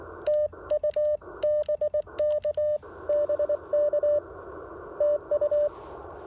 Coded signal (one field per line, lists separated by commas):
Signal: Morse code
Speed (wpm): 20 wpm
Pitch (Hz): 590 Hz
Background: radio noise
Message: TU BK BK TU